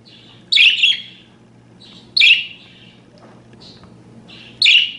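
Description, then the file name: Parakeet making three strong harsh screeches about two seconds apart, with fainter chattering calls and a persistent low hum between them. "suara burung parkit. omkicau"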